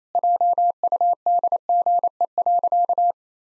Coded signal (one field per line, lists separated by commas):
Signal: Morse code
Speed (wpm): 27 wpm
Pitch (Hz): 700 Hz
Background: none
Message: JUDGE.